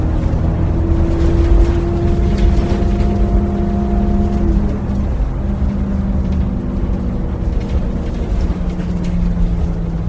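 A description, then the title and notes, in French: Inside a moving bus, a steady low engine rumble carries drifting whining tones that shift in pitch, with faint rattles throughout. Intérieur d'un bus qui roule.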